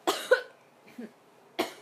She's making a little bit of a croup, it's called.